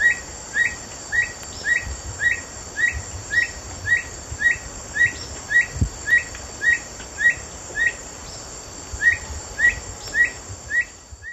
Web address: Natures Songs S America Eastern Lowlands. Neoctantes niger, song